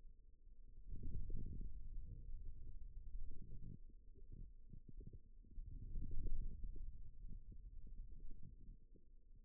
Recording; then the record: forearm muscle sounds (acoustic myography)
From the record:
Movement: ulnar deviation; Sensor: system 2, bracelet of six BSWA MPA416 microphones around the upper forearm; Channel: 1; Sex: male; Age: 22 years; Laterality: right